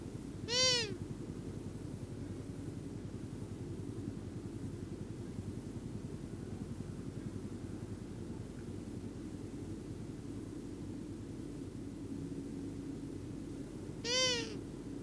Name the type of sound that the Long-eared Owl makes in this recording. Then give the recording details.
call. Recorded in the wild. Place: Bergen, Insel Rügen, Mecklenburg-Vorpommern, DE. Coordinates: 54.421, 13.447. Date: 1976-04-17. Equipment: Nagra III BH, Sennheiser MD 21, parabola. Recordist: Schubert, Michael